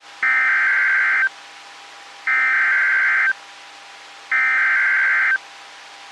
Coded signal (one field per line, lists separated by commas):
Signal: Emergency Alert System (SAME) tones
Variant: header bursts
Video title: EAS #855-867 (Late June 2021)